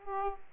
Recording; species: mosquito wingbeat signal from an infrared sensor; Aedes aegypti